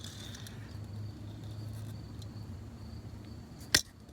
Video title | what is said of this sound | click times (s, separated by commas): How to Permanently Restore your Headlights (Best Method and Products) | there it goes had to put my weight down on it okay you heard it click | 3.8 s